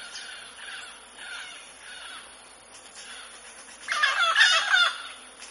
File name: canto do do papagaio moleiro